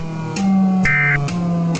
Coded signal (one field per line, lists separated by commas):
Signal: Emergency Alert System (SAME) tones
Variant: end-of-message bursts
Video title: Marvel's the Avengers Eas Scenario Analog Horror